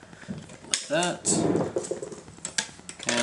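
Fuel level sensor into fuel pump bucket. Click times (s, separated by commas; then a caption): 0.7 s. A plastic fuel level sensor is pressed back onto the fuel pump bucket of a BMW N54 135i/335i, fitting only one way, and snaps into place with a sharp click at 0.7 s. Someone talks around it, and a few more short clicks follow near the end. The sensor is seated.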